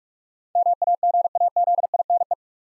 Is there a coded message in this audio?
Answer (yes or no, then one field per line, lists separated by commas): yes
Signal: Morse code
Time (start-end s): 0.6-2.3 s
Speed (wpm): 44 wpm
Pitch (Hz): 700 Hz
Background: none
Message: MAGAZINE